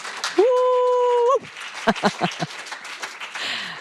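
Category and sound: crowd, audience applause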